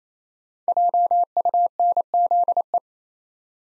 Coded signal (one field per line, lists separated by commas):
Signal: Morse code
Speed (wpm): 27 wpm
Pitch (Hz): 700 Hz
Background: none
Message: JUNZE